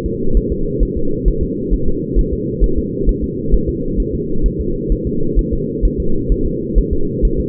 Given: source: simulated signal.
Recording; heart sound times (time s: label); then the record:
fetal heart sounds
0.06 s: S2
0.37 s: S1
0.52 s: S2
0.83 s: S1
0.97 s: S2
1.28 s: S1
1.43 s: S2
1.74 s: S1
1.88 s: S2
2.19 s: S1
2.33 s: S2
2.64 s: S1
2.78 s: S2
3.09 s: S1
3.24 s: S2
3.54 s: S1
3.69 s: S2
4.00 s: S1
4.15 s: S2
4.46 s: S1
4.61 s: S2
4.92 s: S1
5.07 s: S2
5.39 s: S1
5.53 s: S2
5.85 s: S1
6.00 s: S2
6.32 s: S1
6.47 s: S2
6.78 s: S1
6.93 s: S2
7.25 s: S1
7.40 s: S2
From the record:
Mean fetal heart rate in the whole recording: 130 bpm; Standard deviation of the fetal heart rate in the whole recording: 2 bpm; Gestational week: 36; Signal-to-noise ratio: -8.1 dB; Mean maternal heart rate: 72 bpm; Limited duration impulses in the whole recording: absent